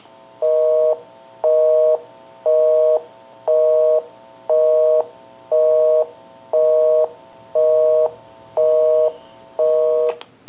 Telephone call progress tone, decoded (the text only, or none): busy tone